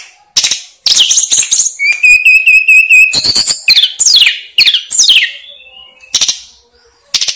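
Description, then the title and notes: Snowy-browed flycatcher song: high chirps, then a steady whistled trill, then quick sharp downslurred chirps and scattered ticks. Masteran recording made for training cage birds; local Indonesian names tledekan gunung and sikatan gunung. "Masteran Tledekan Gunung Sikatan Gunung. BURUNG TLEDEKAN"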